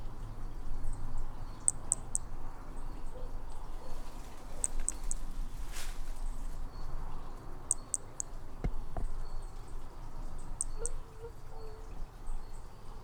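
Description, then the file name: Hermogenes' toadlet calling in quick triplets of very high, sharp clicks repeated every few seconds, with a brief rushing noise midway and faint insect chirps. Individual 01, example 01, at Picinguaba, Brazil, on 13 December 2017. "MHNCI Brachy hemogenesi Picinguaba ind 01 ex 01 sem detalhes 13 dez 2017"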